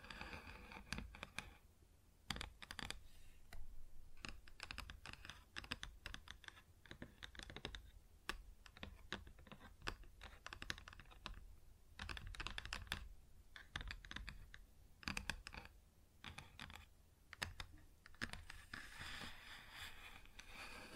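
Quick, sharp taps on a wooden surface come in uneven bursts, like clicking keys, with brief pauses between clusters. Near the end, around 19 seconds, a rougher scratching sound joins the taps. A low, steady hum sits underneath throughout.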